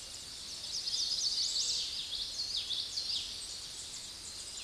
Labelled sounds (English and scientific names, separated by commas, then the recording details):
Common Yellowthroat (Geothlypis trichas) song
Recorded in a Pennsylvania forest on 16 May 2024 at 06:10
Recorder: AudioMoth, point MSD-2417
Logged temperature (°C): 16.4 °C
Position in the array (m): 85 m, 83 m